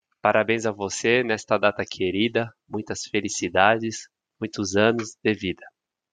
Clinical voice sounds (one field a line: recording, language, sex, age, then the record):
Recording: short text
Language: Brazilian Portuguese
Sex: male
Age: 40 to 49 years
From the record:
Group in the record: control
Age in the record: 41 years